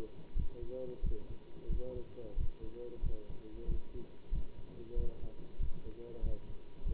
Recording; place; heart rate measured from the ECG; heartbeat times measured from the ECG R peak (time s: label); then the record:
heart sounds by stethoscope; between the tricuspid and mitral areas; 92 bpm
0.37 s: heartbeat
1.05 s: heartbeat
1.71 s: heartbeat
2.38 s: heartbeat
3.04 s: heartbeat
3.70 s: heartbeat
4.33 s: heartbeat
4.98 s: heartbeat
5.61 s: heartbeat
6.24 s: heartbeat
6.87 s: heartbeat
From the record:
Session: bicycle stress test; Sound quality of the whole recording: good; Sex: male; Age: 27 years